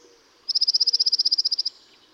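Dark-eyed junco song: one clean, level trill of about twenty evenly spaced quick notes lasting just over a second.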